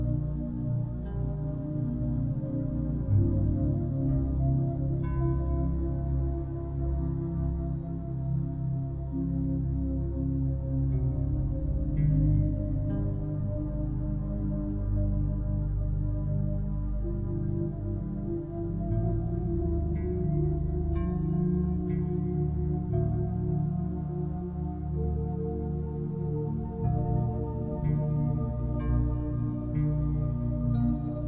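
Soft music of steady, low, layered humming tones that ring like a singing bowl, slowly shifting pitch, with faint light ticks scattered throughout.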